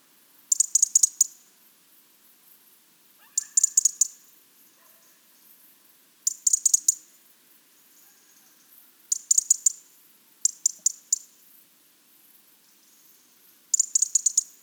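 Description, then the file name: European robin ticking calls: six bursts of rapid, dry, high clicks, each a run of several ticks, spaced a few seconds apart. "Erithacus rubecula"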